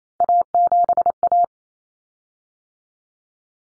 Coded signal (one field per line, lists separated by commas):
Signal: Morse code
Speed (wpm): 28 wpm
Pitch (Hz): 700 Hz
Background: none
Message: A7A